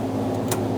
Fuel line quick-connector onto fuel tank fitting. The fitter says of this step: just going to press it on. Make sure you hear that click.